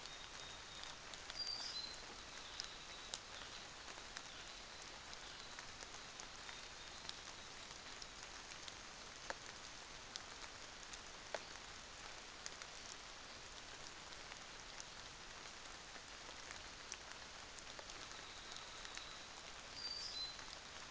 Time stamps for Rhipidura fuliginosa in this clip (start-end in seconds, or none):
none